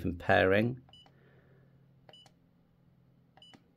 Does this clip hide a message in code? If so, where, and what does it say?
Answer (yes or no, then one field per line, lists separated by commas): no